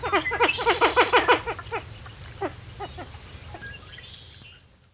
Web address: Pied-billed Grebe